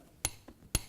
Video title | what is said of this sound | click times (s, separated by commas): Lug Nuts | they're all going to click I know that that Wheels secure first and foremost | 0.2 s, 0.8 s